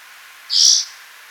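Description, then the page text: Spotted forktail call: a single high, sharp note lasting about a third of a second against light background hiss. "Spotted Forktail Call Sound Effect. Quick Sounds"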